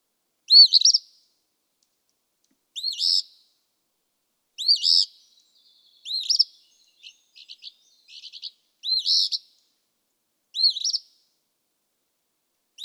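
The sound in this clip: Eastern phoebe song: short two-part notes, each a rising slur then a buzzy burst, repeated about every two seconds, with a few soft chips in between.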